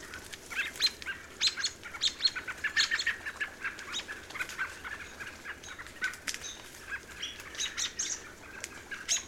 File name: American Robin